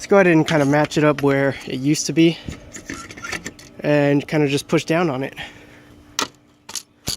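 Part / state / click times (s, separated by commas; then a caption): plastic roof rail end cover onto roof rack rail / seated / 6.2 s. Someone talks while lining up the front plastic roof rail end cover where it used to be on the roof rack rail of a 2013 Buick Enclave and pushing down on it. A loud snap at 6.2 s shows the cover seating into place, followed by a few quieter clicks.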